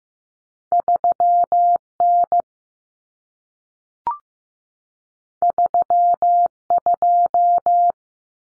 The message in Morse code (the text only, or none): 3N 32